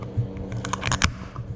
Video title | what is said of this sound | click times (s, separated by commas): How to do an oil change on a Chevy Cobalt! | That's the click. | 1.0 s